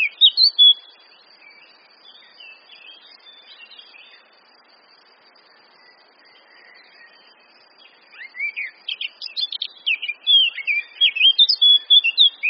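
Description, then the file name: Eurasian blackcap warbling: a brief chattering start, a long soft passage of faint notes, then a lively run of rapid whistled and scratchy notes. "Sylvia atricapilla"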